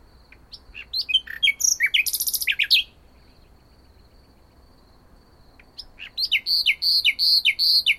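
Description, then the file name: Common nightingale song, two bursts of varied, high, rapid whistles and trills separated by a pause, with a faint steady insect-like whine in the background. "Luscinia megarhynchos"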